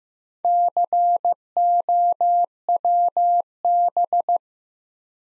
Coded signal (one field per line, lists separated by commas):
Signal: Morse code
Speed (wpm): 15 wpm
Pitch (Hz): 700 Hz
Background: none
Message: COWB